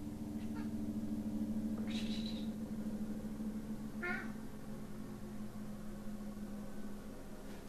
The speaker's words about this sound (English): There was a tiny meow. I don't know if you heard it. No, I have a fan going. Well, she wanted out a minute ago, and now she's rolling around, like, wanting me to pay attention to her, so...